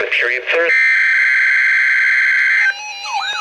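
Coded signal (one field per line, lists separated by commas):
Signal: Emergency Alert System (SAME) tones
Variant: header bursts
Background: speech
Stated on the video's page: NOAA Weather Radio Required Weekly Test from the Milwaukee, WI transmitter.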